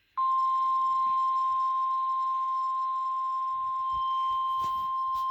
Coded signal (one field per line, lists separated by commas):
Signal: Emergency Alert System (SAME) tones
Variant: 1050 Hz attention tone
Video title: Severe Thunderstorm Warning EAS#10 Charleston West Virginia